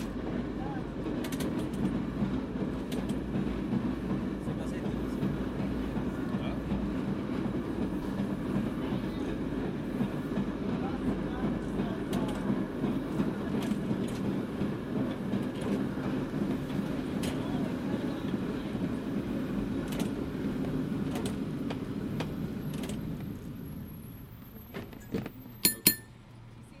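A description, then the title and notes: A cable car rumbles steadily along its track, a dense low clatter and rattle holding nearly constant for most of the ride. Near the end the rumble drops away, leaving a quieter pause broken by a few sharp bright clangs, with faint voices around. Cable Car Soundscape: Riding through San Francisco. In this field recording, you'll hear the rumble of the tracks, the clang of the bell, and the murmur of fellow passengers as you ride through the streets of this iconic city.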